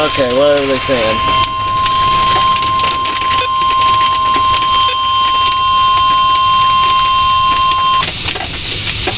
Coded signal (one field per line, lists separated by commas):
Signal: Emergency Alert System (SAME) tones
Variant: 1050 Hz attention tone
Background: speech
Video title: PDS TORNADO WARNING!!!! EAS #3